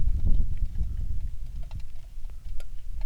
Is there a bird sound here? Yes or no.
yes